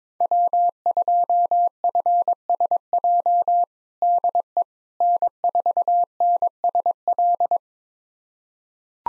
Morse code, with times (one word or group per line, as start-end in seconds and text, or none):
0.2-3.6 W2FSJ
4.0-4.6 DE
5.0-7.6 N4NSL